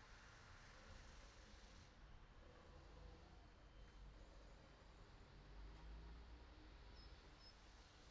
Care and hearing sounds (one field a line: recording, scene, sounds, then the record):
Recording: everyday scene through a hearing-aid microphone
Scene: in traffic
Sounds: traffic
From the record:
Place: city secondary road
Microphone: in the ear canal, right